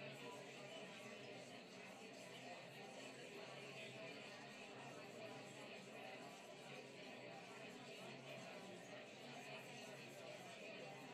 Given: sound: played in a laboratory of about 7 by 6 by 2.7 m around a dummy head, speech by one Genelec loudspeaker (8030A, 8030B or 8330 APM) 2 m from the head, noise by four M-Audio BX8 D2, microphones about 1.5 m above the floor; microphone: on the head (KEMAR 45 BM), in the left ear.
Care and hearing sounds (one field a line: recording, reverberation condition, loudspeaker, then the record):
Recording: babble noise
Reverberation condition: low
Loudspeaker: four, about 170 cm from the corners of the room and facing them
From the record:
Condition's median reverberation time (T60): about 310 ms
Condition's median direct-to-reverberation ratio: about 3.5 dB